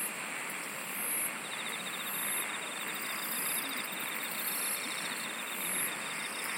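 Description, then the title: Continuous insect song, rapid stuttering trills coming in separate runs over a steady, hissing background of many insects. "SINGING OF INSECTS"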